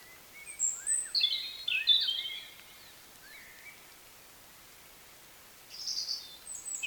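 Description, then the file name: European robin song: a rapid phrase of high sliding whistles and twitters, a long pause, then another high trilled phrase. "Erithacus rubecula"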